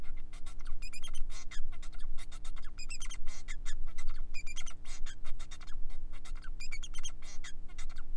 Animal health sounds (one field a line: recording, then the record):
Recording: song of a male Bengalese finch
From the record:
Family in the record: son of father 4